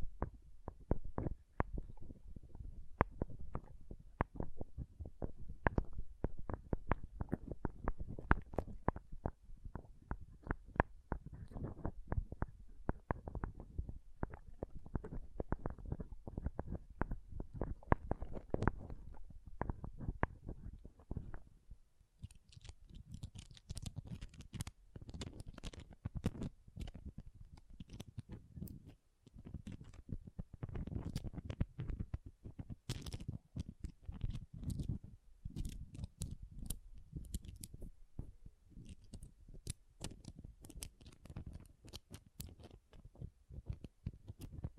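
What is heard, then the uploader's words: Pom poms are handled in a steady stream of soft, rapid crackles, dull and low at first, turning brighter and scratchier after about twenty seconds. ASMR Ultimate Pom Pom Tingles (No Talking).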